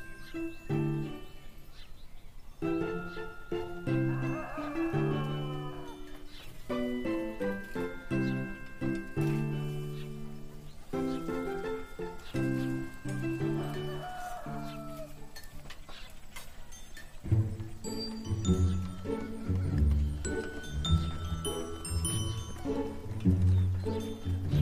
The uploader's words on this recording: Peaceful fantasy town in the morning.